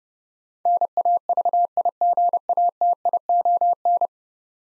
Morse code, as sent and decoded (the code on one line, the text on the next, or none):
-. .- ...- .. --. .- - .. --- -.
NAVIGATION